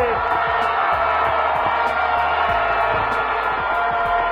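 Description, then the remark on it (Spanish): A large crowd in the street in Caracas, Venezuela, shouts and cheers the chant "¡Gana Chávez el 7 de octubre!" under torrential rain, in a dense, continuous roar, with sharp beats pulsing at a quick, regular rhythm beneath the voices. “4 de octubre y hay un solo grito que se oye por toda Venezuela.”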